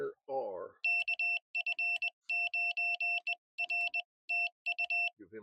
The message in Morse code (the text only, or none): KF9R TU